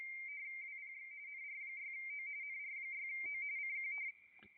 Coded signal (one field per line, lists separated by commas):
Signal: RTTY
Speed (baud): 45.45 baud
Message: WPX NR6O NR6O CQ